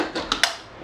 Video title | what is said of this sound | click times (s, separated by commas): The best vacuum for under $100 | there we go it clicks in and that lets you know that it's locked | 0.3 s, 0.4 s